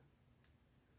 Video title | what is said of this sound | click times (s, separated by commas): Custom G Pro X Superlight (commission) | pushing these tabs outward like that so the cable is not locked into place | 0.4 s